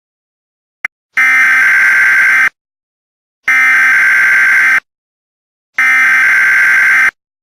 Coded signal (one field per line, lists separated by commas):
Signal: Emergency Alert System (SAME) tones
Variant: header bursts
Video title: EAS Scenario #1: Serial Killer